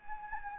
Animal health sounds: mosquito wingbeat signal from an infrared sensor; Anopheles gambiae

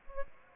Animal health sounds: mosquito wingbeat signal from an infrared sensor; Aedes aegypti

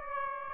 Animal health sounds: mosquito wingbeat signal from an infrared sensor; Aedes aegypti

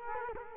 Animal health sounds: mosquito wingbeat signal from an infrared sensor; Culex quinquefasciatus

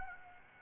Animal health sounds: mosquito wingbeat signal from an infrared sensor; Aedes aegypti

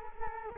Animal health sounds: mosquito wingbeat signal from an infrared sensor; Culex quinquefasciatus

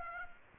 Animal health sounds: mosquito wingbeat signal from an infrared sensor; Aedes aegypti

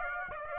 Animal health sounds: mosquito wingbeat signal from an infrared sensor; Aedes aegypti

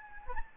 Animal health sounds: mosquito wingbeat signal from an infrared sensor; Anopheles gambiae

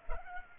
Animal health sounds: mosquito wingbeat signal from an infrared sensor; Culex pipiens

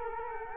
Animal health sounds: mosquito wingbeat signal from an infrared sensor; Culex quinquefasciatus

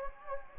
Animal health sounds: mosquito wingbeat signal from an infrared sensor; Anopheles gambiae

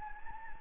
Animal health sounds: mosquito wingbeat signal from an infrared sensor; Anopheles gambiae

